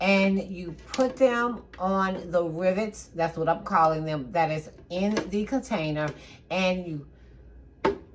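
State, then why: Seated. A plastic leveler bar is pressed down onto the rivets of a flour storage container while someone talks. One sharp click is heard at 7.9 s as the leveler seats onto the rivets.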